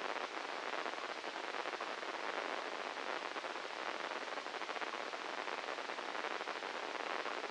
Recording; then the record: brain microelectrode recording played as sound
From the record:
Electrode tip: inside the subthalamic nucleus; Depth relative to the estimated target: -5 mm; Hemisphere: left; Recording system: NeuroSet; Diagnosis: Parkinson's disease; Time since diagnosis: 10 years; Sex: male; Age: 56 years